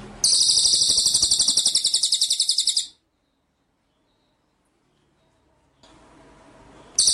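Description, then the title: White-rumped shama giving a loud, buzzy, very high rattling trill for nearly three seconds, then silence before another burst begins. Masteran (training) track of white-rumped shama song in full 'ngerol' (rolling) and 'nembak' (shooting) style. "Masteran Murai Batu Full Ngerol Nembak"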